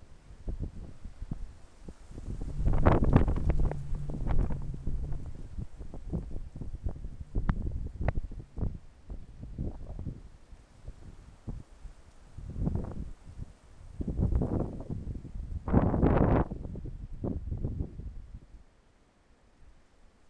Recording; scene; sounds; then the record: everyday scene through a hearing-aid microphone; wind on the microphone; wind, traffic, birds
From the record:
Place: suburban garden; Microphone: behind the ear, left, front